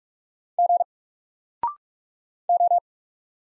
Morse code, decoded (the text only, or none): G O